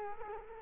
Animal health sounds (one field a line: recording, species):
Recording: mosquito wingbeat signal from an infrared sensor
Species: Culex quinquefasciatus